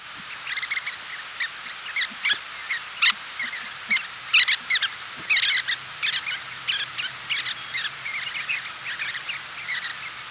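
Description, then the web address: Chestnut-collared longspur calls: many short chirping notes at irregular intervals throughout, over a steady hiss. "longspur"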